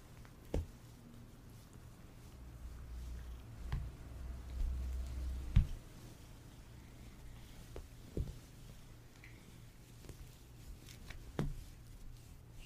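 Cats eating and purring, with a steady low rumble running through most of the clip and a louder thick stretch between about 2 and 6 seconds. Sharp soft clicks and taps stand out every second or two, near 0.5, 3.7, 5.6, 8.2 and 11.4 seconds.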